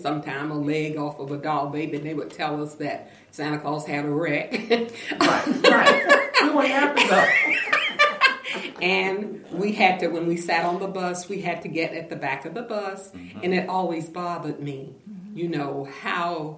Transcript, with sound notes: sometime a leg off of a doll-baby, and they would tell us that Santa Claus had a wreck. (laughter) And we had to–when we sat on the bus, we had to get at the back of the bus and it always bothered me, you know, how